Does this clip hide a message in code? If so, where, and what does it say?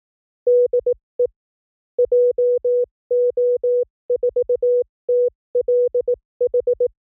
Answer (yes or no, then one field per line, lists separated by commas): yes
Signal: Morse code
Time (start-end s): 0.5-6.9 s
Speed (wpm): 18 wpm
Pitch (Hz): 490 Hz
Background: music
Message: DE JO4TLH